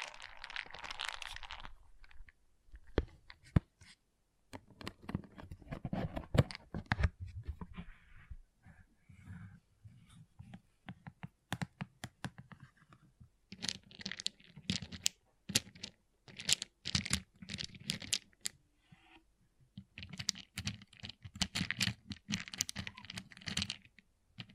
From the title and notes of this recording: ASMR Relaxing Pixel Art Beads ( No Talking).